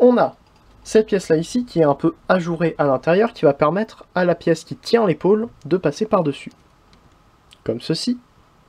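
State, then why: Not seated. A plastic Lego brick piece is handled over the shoulder piece of a Lego-built Transformers Megatron figure while someone talks. Two faint ticks occur near 6.9 and 7.5 seconds, but the piece has not clipped on yet; nothing has seated by the end of the clip.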